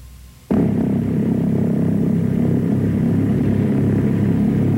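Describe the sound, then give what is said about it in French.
After a brief quiet moment, the deep, rumbling drone of a propeller airplane engine, of a plane about to take off for Laos, cuts in abruptly and holds loud and steady to the end, with no one talking. “Ça y est, votre avion sera prêt à décoller dans une demi-heure.”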